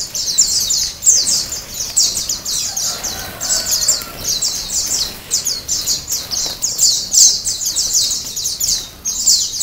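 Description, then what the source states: White-eye giving a continuous, high-pitched twittering song of quick repeated chirps, delivered in long breathless runs with brief dips in volume. Ombyokan song style; recording used as a training song (masteran).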